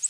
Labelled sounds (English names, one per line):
Ovenbird flight call